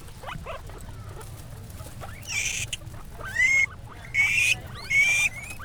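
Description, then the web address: Guinea pig squeals: a few faint chirps, then four loud, drawn-out squeals about a second apart, over low background noise. Recorded at a zoo in Jászberény in 2015; professional recording. "jaszberenyizoo. tengerimalac"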